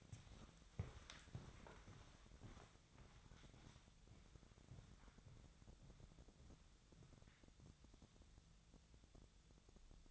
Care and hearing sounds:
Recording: daily activity, microphone in the room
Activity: walk to room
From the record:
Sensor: 3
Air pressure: 999.4 hPa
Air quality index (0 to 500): 196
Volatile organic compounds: 43 ppm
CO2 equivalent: 3202 ppm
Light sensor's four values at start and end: 5/10/4/4 and 8/19/8/7

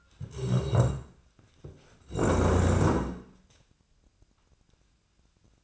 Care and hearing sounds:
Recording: daily activity, microphone in the room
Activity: stand up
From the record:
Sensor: 2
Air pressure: 1012.1 hPa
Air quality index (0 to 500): 169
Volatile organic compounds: 2 ppm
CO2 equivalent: 1234 ppm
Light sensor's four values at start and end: 43/113/48/54 and 76/170/80/101

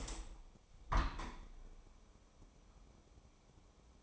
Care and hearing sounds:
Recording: daily activity, microphone in the room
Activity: open window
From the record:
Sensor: 1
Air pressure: 1015.1 hPa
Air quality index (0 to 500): 30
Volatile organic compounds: 1 ppm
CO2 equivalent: 532 ppm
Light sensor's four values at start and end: 10/25/10/11 and 10/25/10/11

